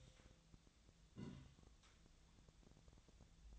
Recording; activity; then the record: daily activity, microphone in the room; take from stove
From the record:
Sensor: 3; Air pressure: 1009.9 hPa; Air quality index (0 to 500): 189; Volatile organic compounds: 14 ppm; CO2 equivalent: 2460 ppm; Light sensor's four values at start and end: 42/104/45/48 and 42/104/45/48